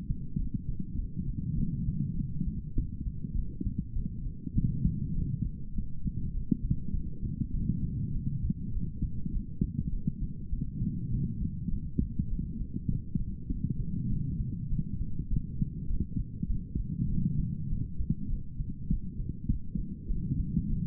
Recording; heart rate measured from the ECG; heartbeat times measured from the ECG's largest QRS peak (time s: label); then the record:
heart sounds by stethoscope; 100 bpm
0.37 s: heartbeat
0.97 s: heartbeat
1.56 s: heartbeat
2.15 s: heartbeat
2.74 s: heartbeat
3.34 s: heartbeat
3.94 s: heartbeat
4.54 s: heartbeat
5.14 s: heartbeat
5.73 s: heartbeat
6.32 s: heartbeat
6.92 s: heartbeat
7.52 s: heartbeat
8.12 s: heartbeat
8.72 s: heartbeat
9.31 s: heartbeat
9.91 s: heartbeat
10.51 s: heartbeat
11.10 s: heartbeat
11.69 s: heartbeat
12.29 s: heartbeat
12.88 s: heartbeat
13.48 s: heartbeat
14.08 s: heartbeat
14.69 s: heartbeat
15.28 s: heartbeat
15.88 s: heartbeat
16.48 s: heartbeat
17.08 s: heartbeat
17.68 s: heartbeat
18.28 s: heartbeat
18.88 s: heartbeat
19.48 s: heartbeat
20.08 s: heartbeat
20.68 s: heartbeat
From the record:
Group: healthy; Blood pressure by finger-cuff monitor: 134/90 mmHg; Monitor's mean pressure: 103 mmHg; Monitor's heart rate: 100 bpm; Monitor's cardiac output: 5.8 L/min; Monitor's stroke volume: 57 mL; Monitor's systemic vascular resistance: 1330 dyn s/cm5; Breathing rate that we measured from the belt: 19 breaths a minute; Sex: female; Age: 51 years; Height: 162 cm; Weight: 70.04 kg